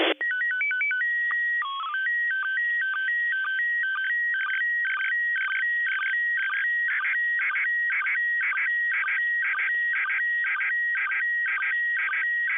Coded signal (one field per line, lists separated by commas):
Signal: SSTV (slow-scan television)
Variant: PD 120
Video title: 2021년 연말 ISS SSTV 두 번째 수신 2021-12-28 10:33